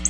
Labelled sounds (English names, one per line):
Black-throated Blue Warbler flight call